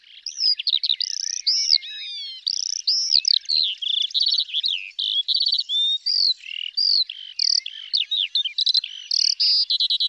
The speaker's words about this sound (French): parmi tous les oiseaux, l'alouette est une des espèces qui ne rigole pas sur le sujet du chant. C'est un des oiseaux qui est aisément capable d'envoyer des centaines de notes à la seconde.